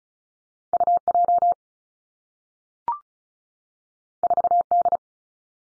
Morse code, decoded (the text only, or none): U J 4 D